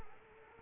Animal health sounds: mosquito wingbeat signal from an infrared sensor; Culex quinquefasciatus

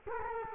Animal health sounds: mosquito wingbeat signal from an infrared sensor; Culex quinquefasciatus

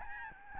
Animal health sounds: mosquito wingbeat signal from an infrared sensor; Aedes albopictus

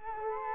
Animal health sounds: mosquito wingbeat signal from an infrared sensor; Culex quinquefasciatus

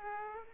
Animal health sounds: mosquito wingbeat signal from an infrared sensor; Aedes aegypti

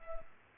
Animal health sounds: mosquito wingbeat signal from an infrared sensor; Culex pipiens

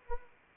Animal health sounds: mosquito wingbeat signal from an infrared sensor; Anopheles arabiensis

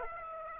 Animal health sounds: mosquito wingbeat signal from an infrared sensor; Aedes aegypti

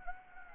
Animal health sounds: mosquito wingbeat signal from an infrared sensor; Anopheles gambiae

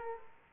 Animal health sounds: mosquito wingbeat signal from an infrared sensor; Culex quinquefasciatus

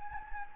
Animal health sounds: mosquito wingbeat signal from an infrared sensor; Anopheles gambiae

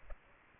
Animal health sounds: mosquito wingbeat signal from an infrared sensor; Aedes aegypti

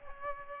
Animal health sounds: mosquito wingbeat signal from an infrared sensor; Aedes aegypti

